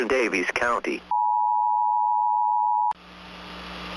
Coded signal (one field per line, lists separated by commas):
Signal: Emergency Alert System (SAME) tones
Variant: 853 and 960 Hz attention tone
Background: speech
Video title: EAS YTP - The Wrath of Martin Greene